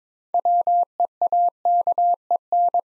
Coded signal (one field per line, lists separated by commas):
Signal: Morse code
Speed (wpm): 22 wpm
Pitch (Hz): 700 Hz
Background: none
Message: WEAKEN